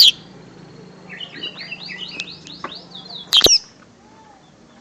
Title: Kicau Burung Cucak Ijo